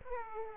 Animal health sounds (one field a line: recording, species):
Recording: mosquito wingbeat signal from an infrared sensor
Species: Aedes aegypti